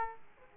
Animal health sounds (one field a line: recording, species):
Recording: mosquito wingbeat signal from an infrared sensor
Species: Aedes aegypti